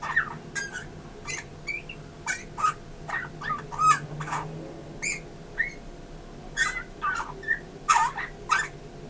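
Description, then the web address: Eurasian bullfinch calls: short mellow whistles scattered between many sharp clicks, with a faint hum underneath. "SETE data Pyrrhula pyrrhula"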